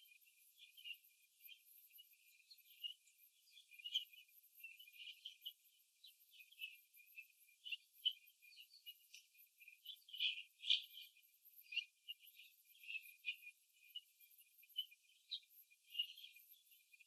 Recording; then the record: young laying hens in a cage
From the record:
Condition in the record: before the stressor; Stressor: simulated dog barking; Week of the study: 2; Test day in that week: 3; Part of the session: 4